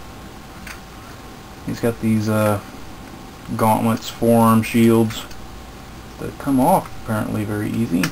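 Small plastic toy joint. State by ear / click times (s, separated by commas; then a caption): seated / 0.7 s. A Transformers Movie Voyager Class Optimus Prime plastic robot action figure has its hands rotated back and its arm part swung down into the locked robot-mode position, where it clicks into place. A soft click is heard at 0.7 s, and someone then talks over low background noise. The arm part is seated.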